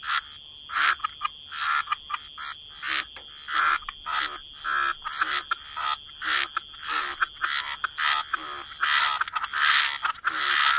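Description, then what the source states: Frog calls as short grating bursts in quick succession over a constant faint high hum, the calls crowding together near the end. Frog chorus.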